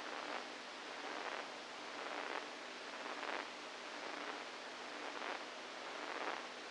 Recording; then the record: brain microelectrode recording played as sound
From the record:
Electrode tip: inside the subthalamic nucleus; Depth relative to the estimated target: -4 mm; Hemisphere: right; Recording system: NeuroSet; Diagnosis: Parkinson's disease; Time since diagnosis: 7 years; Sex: female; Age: 68 years